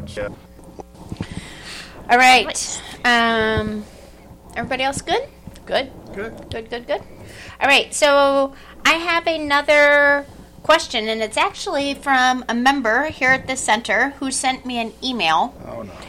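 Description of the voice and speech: A woman speaks fluently and clearly, opening a new question for a group discussion; ordinary speech.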